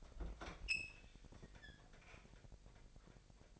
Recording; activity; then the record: daily activity, microphone in the room; open fridge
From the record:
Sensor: 5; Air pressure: 1002.0 hPa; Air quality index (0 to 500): 219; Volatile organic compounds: 26 ppm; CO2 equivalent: 2853 ppm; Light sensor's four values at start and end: 9/22/9/10 and 10/24/10/11